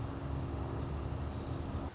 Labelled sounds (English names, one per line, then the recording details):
Orange-crowned Warbler
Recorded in Sonoma County, California